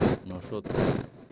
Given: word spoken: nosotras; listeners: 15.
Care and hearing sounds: one Spanish word in noise, from a listening test; noise modulated by one talker; -9.8 dB; 0 of 15; 14 of 15; 0.92 s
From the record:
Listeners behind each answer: 14, 1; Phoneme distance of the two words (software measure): 10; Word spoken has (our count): 3 syllables, 8 phonemes, stress on syllable 2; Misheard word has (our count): 3 syllables, 8 phonemes, stress on syllable 2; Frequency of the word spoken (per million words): 14.84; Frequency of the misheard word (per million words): 267.89

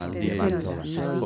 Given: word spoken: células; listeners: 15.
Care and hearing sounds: one Spanish word in noise, from a listening test; four-talker babble; -2.2 dB; 0 of 15; 6 of 15; 0.86 s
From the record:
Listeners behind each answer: 6, 4, 1, 1, 1, 1, 1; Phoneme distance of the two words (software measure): 71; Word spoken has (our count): 3 syllables, 7 phonemes, stress on syllable 1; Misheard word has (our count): 3 syllables, 8 phonemes, stress on syllable 3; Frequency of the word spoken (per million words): 51.95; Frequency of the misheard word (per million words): 172.38

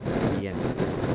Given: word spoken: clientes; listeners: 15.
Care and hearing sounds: one Spanish word in noise, from a listening test; noise modulated by three-talker babble; -7.6 dB; 0 of 15; 10 of 15; 0.75 s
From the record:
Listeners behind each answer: 10, 2, 1, 1, 1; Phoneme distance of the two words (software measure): 17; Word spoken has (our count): 2 syllables, 8 phonemes, stress on syllable 1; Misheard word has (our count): 2 syllables, 7 phonemes, stress on syllable 1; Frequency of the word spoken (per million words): 42.82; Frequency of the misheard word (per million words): 42.73

